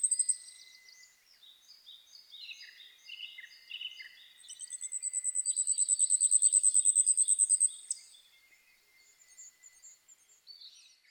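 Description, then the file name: Asian stubtail song: a very high, thin, insect-like series of rapid pulses that swells in loudness, over faint chirping of other birds. Recorded 2 May 2007 at 04:46, early morning. "yabusame-20070502-0446"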